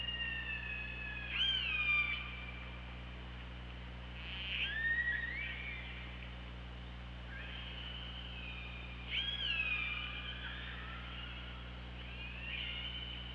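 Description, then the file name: Killer whale calls: repeated harmonic squealing cries with sharp upsweeps, three main bursts several seconds apart, over persistent low hum. Recorded by OrcaLab hydrophone on 24 August 2017 at 15:23:08. "Orca Lab UTLN JASON 20170824 152308"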